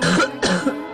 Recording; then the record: coughing mixed with background sound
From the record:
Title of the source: female coughing - coughing sound effects girl